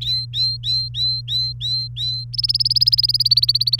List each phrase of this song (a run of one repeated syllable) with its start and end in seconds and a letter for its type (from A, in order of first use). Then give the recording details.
0.01-2.24 A, 2.33-3.80 B. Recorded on 27 April 2018 at 16:25. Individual llb3